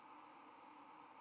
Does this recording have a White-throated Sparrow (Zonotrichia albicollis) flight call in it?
no